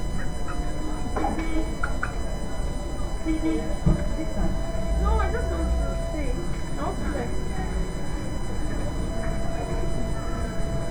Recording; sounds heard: poultry house recording; healthy chickens